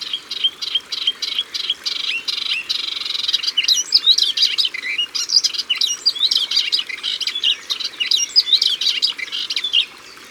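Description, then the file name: Melodious warbler song: a fast babble of high, varied chirps, twitters and short slurred notes that runs nearly the whole time, over a steady low hiss. Recorded at the water's edge. "Hypolais polyglotte Au bord de leau"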